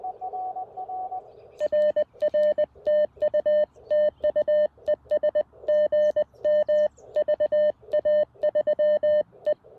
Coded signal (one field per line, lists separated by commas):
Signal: Morse code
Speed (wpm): 20 wpm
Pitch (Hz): 590 Hz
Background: none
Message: RR TU TU ES GM VA3E